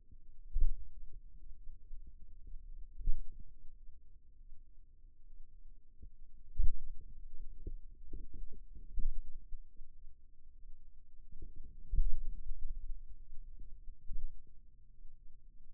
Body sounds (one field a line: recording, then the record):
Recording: forearm muscle sounds (acoustic myography)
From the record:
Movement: finger pinch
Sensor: system 2, bracelet of six BSWA MPA416 microphones around the upper forearm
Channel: 1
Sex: male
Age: 22 years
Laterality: right